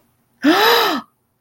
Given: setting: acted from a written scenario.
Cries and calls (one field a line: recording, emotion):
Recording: vocal sound without words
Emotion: negative surprise